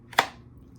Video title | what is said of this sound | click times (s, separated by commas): Rigid 2 0 Battery is this as easy as click and charge or NO? | then you're able just to pop it in listen for the click | 0.2 s